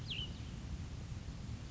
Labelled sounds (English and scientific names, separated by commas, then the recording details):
Cassin's Vireo (Vireo cassinii)
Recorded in Sonoma County, California